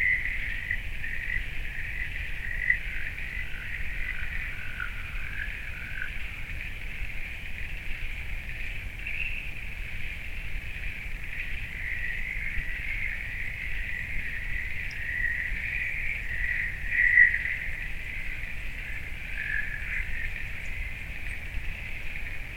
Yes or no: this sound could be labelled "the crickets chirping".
yes